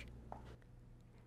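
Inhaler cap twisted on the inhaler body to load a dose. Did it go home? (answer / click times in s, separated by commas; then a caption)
yes / 0.3 s. The plastic cap of a Twisthaler dry-powder inhaler is twisted to the left on the inhaler body. It gives a sharp click at 0.3 s, between fainter ticks at 0.1 s and 0.6 s. The click means a dose is loaded and the dose counter has gone down by one.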